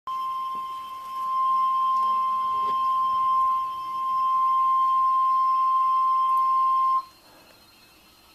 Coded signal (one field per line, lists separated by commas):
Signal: Emergency Alert System (SAME) tones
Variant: 1050 Hz attention tone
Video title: EAS #616: Tornado Warning (4/18/2013)